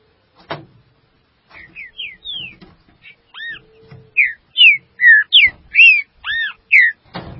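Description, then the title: Green-winged saltator song: a series of clear whistled notes, arched and slurred, building to a loud sequence with some doubled notes, with a few knocks at start and end. "Trinca Ferro"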